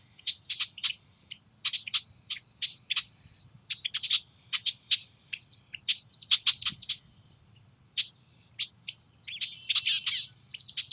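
Red-winged blackbirds call in a busy morning chorus, with quick, bright chirps and short trills tumbling over one another every fraction of a second. Bursts cluster around four and ten seconds. A low, steady rumble hums underneath throughout.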